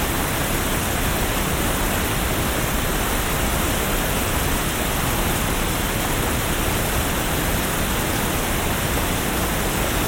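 A rushing river gives off a dense, unbroken hiss that stays level from start to finish. The roar fills everything from a low rumble to a bright, airy top, with a slightly sharper band of hiss running through it. No separate events stand out.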